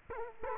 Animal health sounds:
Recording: mosquito wingbeat signal from an infrared sensor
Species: Culex quinquefasciatus

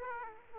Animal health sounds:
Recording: mosquito wingbeat signal from an infrared sensor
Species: Aedes aegypti

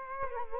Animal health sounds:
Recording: mosquito wingbeat signal from an infrared sensor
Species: Culex quinquefasciatus

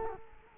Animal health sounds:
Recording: mosquito wingbeat signal from an infrared sensor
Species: Culex quinquefasciatus

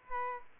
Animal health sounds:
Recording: mosquito wingbeat signal from an infrared sensor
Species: Aedes albopictus

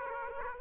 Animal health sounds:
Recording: mosquito wingbeat signal from an infrared sensor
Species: Aedes aegypti

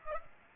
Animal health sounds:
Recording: mosquito wingbeat signal from an infrared sensor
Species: Aedes aegypti

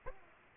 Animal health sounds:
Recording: mosquito wingbeat signal from an infrared sensor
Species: Aedes aegypti

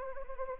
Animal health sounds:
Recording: mosquito wingbeat signal from an infrared sensor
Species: Anopheles arabiensis

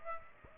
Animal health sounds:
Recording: mosquito wingbeat signal from an infrared sensor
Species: Aedes aegypti

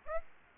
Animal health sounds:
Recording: mosquito wingbeat signal from an infrared sensor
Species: Aedes aegypti

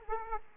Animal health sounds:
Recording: mosquito wingbeat signal from an infrared sensor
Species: Aedes aegypti

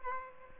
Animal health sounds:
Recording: mosquito wingbeat signal from an infrared sensor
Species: Aedes aegypti

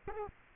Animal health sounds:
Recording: mosquito wingbeat signal from an infrared sensor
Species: Culex quinquefasciatus

